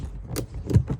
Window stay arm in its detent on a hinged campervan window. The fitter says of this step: the next click will be a little bit further out they'll do one more